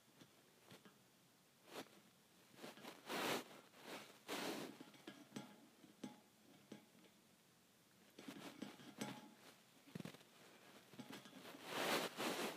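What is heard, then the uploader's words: Metal bars tap against metal in irregular bursts of sharp, bright clinks, some single and some in quick clusters. The loudest strikes fall near 3, 4.5 and 12 seconds, with a quieter patch around 6 to 8 seconds and a faint steady hiss underneath. ASMR Metal Bars Tapping on Metal.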